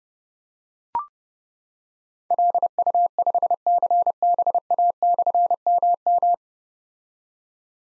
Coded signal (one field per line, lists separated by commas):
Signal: Morse code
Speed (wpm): 28 wpm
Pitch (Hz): 700 Hz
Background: none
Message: LU5CBA/MM